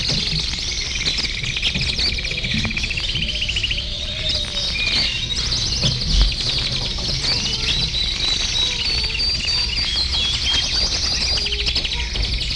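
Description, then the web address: Birds chirping in a thick chorus of high twitters and brief whistles, a few louder notes standing out, with a low rumble throughout. "efectos sonido pajar"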